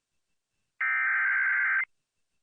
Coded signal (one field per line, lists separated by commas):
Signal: Emergency Alert System (SAME) tones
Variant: header bursts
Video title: EAS Alerts From 6/11/23 (EAS #1634-1649)